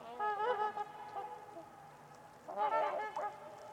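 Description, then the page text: Trumpeter swan honks, a brassy, nasal cluster early on, then a second burst of two or three honks after a short quiet gap. Trumpeter swans at Winters Lake in a deep valley, recorded on a winter evening amid deep silence and distant white noise. "Trumpeter Swans on a Winter's Eve. Wind Is the Original Radio. Winters-Lake-with-Swan. A coveted silence drenches the deep valley. Winter at it’s finest"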